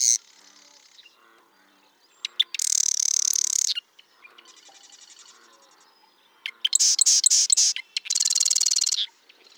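Bird song: loud, dense high trills alternate with quieter twittering and buzzy phrases.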